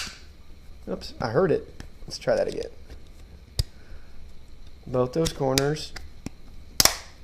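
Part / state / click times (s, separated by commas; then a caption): hard plastic phone case onto a smartphone / seated / 6.8 s. A Spigen Thin Fit hard matte black plastic phone case is pressed at its corners onto a Google Pixel 2 smartphone while someone talks. Two sharp snaps are heard at 6.8 and 6.85 seconds as the case seats onto the phone.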